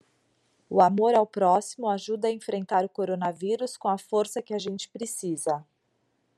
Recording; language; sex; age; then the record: spoken sentence; Brazilian Portuguese; female; 40 to 49 years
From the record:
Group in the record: control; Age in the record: 47 years